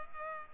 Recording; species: mosquito wingbeat signal from an infrared sensor; Culex pipiens